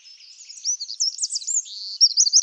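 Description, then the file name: Eurasian wren sound: a quick, jumbled run of very high, thin chirps and short slurred notes, getting louder toward the end. "Troglodytes troglodytes"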